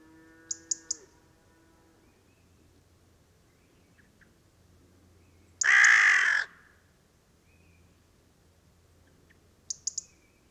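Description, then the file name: Carrion crow giving a single harsh, drawn-out caw lasting under a second, with a few short high ticking sounds before and after and a faint lower tonal call at the start. "Corvus corone"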